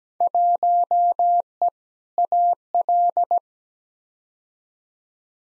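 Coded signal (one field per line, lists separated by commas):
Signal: Morse code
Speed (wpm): 17 wpm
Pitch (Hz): 700 Hz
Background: none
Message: 1E AL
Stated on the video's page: Morse practice drill of simulated Field Day contest exchanges at 17 wpm, each sent twice for head-copy.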